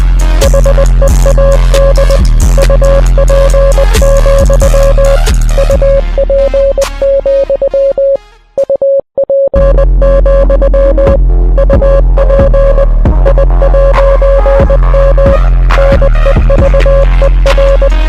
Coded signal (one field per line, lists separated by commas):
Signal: Morse code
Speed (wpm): 20 wpm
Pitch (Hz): 550 Hz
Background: music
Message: HEAD UP, UP, UP, UP I'M NEVER